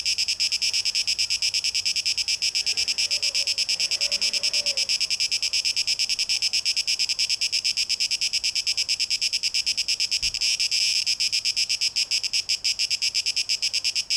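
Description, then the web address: Cicada song, a continuous high-pitched pulsing buzz at a fast even beat, with a soft low sound near the middle and a brief thump later. Recorded 12 August 2023; tape echo mix. "rauschpartikel 2023-08-12 Zikaden"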